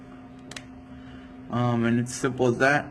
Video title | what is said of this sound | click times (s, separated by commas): DC Comics ICONS Mister Miracle "Earth 2" Action Figure Review | when you hear uh they do have these notches so when you hear it click all the way in there just to confirm that | 0.5 s, 0.6 s